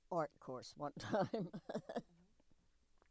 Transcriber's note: laughs